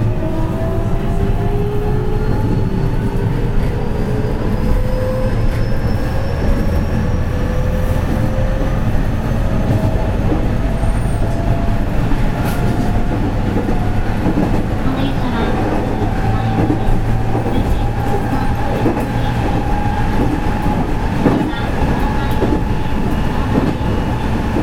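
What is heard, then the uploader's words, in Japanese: A JR Kobe Line local train, a 207 series electric car, runs along with a steady, heavy low rumble. Motor whine tones climb slowly in pitch through the clip as the train gathers speed, with scattered rail clicks and rattles throughout. JR207系 尼崎から住吉まで。JR西日本 207系電車の走行音です。JR神戸線の普通列車にて収録しました。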